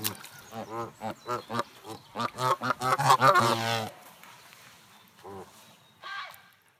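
Canada goose: canada geese honking in a quickening series of nasal calls building to a loud cluster around three seconds, then fading to occasional single honks.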